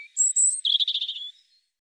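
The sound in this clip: European robin song: two very high thin notes followed by a fast, rattling trill of bubbling notes that slowly fades away.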